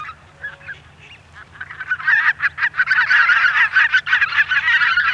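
Greater white-fronted goose flock calling: faint at first, then a dense chorus of high, yelping honks builds after about two seconds and continues steadily.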